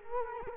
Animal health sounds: mosquito wingbeat signal from an infrared sensor; Culex quinquefasciatus

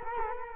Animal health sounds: mosquito wingbeat signal from an infrared sensor; Culex quinquefasciatus

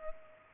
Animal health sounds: mosquito wingbeat signal from an infrared sensor; Culex pipiens

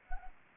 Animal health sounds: mosquito wingbeat signal from an infrared sensor; Anopheles arabiensis

